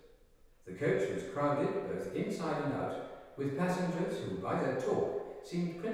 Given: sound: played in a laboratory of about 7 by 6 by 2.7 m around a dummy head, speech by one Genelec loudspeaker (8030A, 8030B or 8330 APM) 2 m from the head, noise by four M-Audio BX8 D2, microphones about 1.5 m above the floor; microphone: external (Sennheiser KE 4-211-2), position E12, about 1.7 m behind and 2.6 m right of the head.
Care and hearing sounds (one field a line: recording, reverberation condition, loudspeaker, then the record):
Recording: male speech in English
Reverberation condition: high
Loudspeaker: 30 degrees to the left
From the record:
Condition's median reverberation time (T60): about 1300 ms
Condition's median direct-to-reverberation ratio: about -4.0 dB